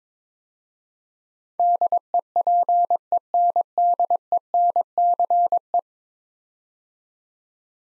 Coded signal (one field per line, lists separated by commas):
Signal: Morse code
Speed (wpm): 22 wpm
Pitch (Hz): 700 Hz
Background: none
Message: DEPENDENCE